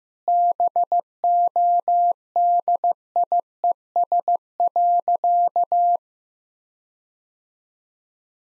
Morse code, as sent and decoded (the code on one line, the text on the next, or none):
-... --- -.. .. . ... .-.-.-
BODIES.